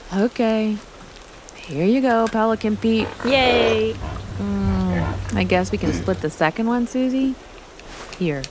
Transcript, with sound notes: okay... here ya go, Pelican Pete! [Pelican squawks] I guess we can split the second one, Suzy! Here.